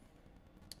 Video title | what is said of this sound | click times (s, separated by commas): How to wire Cat 6 Cable (5 Minutes Or Less) | and you like to hear that click at the very end | 0.7 s